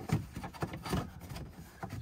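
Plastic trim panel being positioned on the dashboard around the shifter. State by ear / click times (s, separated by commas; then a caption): not seated / none. A plastic trim panel is rubbed and lined up against the dashboard around the shifter of a 2003 Ford F-150 during a shift indicator dial fix, before it is pressed in. Only soft rubbing and small contact taps are heard, with brief knocks around 0.6, 0.7 and 1.8 seconds. Nothing has clicked or seated into place yet.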